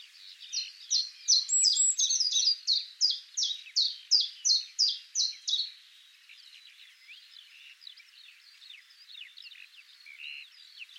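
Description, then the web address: Eurasian blue tit giving a quick series of bright, evenly repeated notes for several seconds, then faint scattered high chips against a soft hiss. "cianscape birddata Deverinetal 2025 File origin Bird Only Cy Ca"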